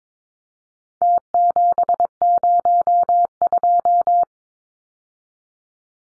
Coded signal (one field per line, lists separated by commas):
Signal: Morse code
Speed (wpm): 22 wpm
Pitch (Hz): 700 Hz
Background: none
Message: T702